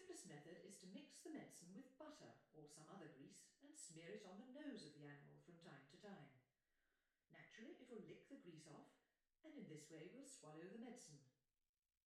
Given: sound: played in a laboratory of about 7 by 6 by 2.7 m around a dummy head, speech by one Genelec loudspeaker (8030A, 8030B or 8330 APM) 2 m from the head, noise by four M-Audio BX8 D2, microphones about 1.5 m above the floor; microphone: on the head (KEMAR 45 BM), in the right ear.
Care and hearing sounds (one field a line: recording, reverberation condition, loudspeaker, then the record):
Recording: female speech in English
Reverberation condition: medium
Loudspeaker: 60 degrees to the left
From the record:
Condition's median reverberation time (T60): about 510 ms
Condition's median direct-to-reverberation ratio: about -0.5 dB